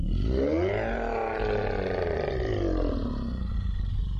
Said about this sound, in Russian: Из глотки твари, в которую превратился эльфин, раздался жуткий рев.